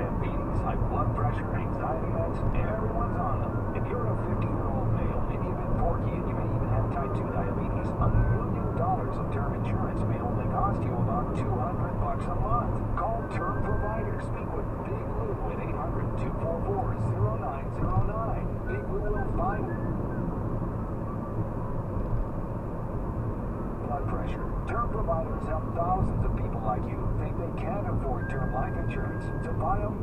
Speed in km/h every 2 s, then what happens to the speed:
76, 76, 76, 76, 76, 72, 72, 71, 69, 66, 64, 60, 58, 53, 53.
0-17 steady at about 76. 17-26 slows to 53.